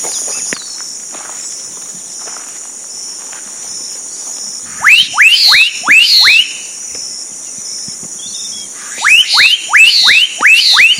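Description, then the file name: Black-capped donacobius giving two bursts of several quick rising whistles, separated by a pause, over steady high-pitched insect buzzing. Recorded at Sertão, Mongaguá, São Paulo, Brazil, on 27 December 2016. "Donacobius-atricapilla-Sertao Mongagua-SP-27-12-16-ASilveira"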